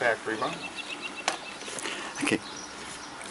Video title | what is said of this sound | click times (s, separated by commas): Heartland Windows Two Part Brickmold Installation | that snaps right in you just kind of making sure you're tight into the joint and finished | 1.3 s